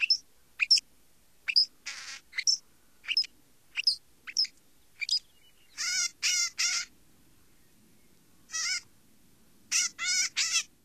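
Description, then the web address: Northern shrike giving harsh, buzzy rasping calls mixed with short sharp chirps, delivered in irregular bursts with brief silences between. "Songs of Birds of North America Stokes. Northern Shrike"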